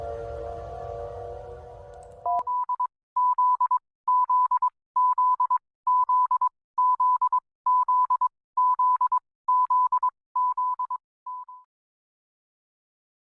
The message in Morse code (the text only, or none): Z Z Z Z Z Z Z Z Z Z T